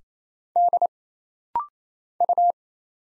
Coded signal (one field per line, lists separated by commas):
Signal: Morse code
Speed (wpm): 29 wpm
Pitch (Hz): 700 Hz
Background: none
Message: D U